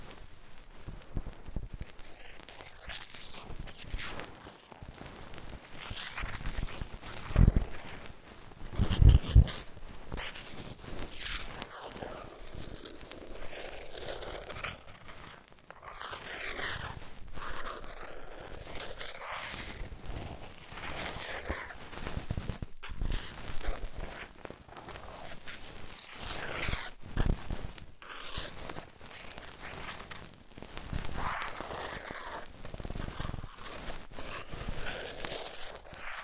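Ear cleaning sounds with rhinestone and clay removal: dense crinkly scraping and tapping, continuous and busy, with sharper knocks around eight and nine seconds.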